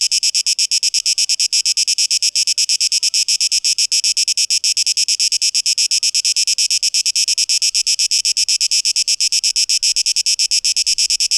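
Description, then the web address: Cicada song, a loud pulsed rasp held high and continuous, beats coming quickly and evenly across the whole stretch. Cicadas, 12 August 2023, tape echo mix. "rauschpartikel Audio 2023-08-12 Zikaden"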